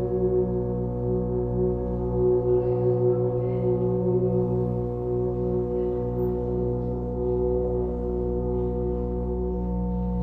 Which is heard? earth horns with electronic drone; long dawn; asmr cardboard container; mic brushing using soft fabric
earth horns with electronic drone